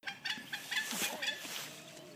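Black swan calling, a quick series of short, nasal, harmonic honks and bugling notes.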